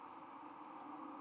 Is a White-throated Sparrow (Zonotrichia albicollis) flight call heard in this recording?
yes